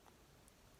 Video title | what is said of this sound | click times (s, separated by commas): Tamiya DYNATECH 01R Strip, Clean, Rebuild and Timing Ajustment.. | give it a push and that's it you can hear it click into place and | 0.5 s